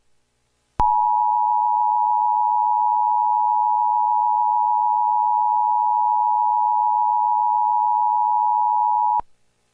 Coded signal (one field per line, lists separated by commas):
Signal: Emergency Alert System (SAME) tones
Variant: 853 and 960 Hz attention tone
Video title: EAS SCENARIO SPECIAL #1 - Flash Flood Getdown (Demo)